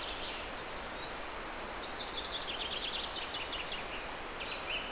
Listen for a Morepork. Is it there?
no